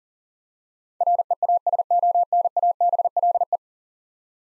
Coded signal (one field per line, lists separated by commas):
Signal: Morse code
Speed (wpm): 40 wpm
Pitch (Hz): 700 Hz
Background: none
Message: REASONABLE